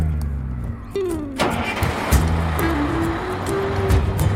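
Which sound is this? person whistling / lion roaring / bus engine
bus engine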